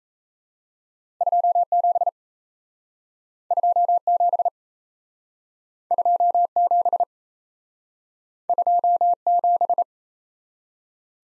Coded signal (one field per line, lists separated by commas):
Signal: Morse code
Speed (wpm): 36 wpm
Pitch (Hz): 700 Hz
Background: none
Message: 27 27 27 27